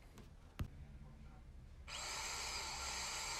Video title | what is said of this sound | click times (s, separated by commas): How to Install a Doorknob - Quick and Easy | closes and secures the door remember listen for the click | 0.6 s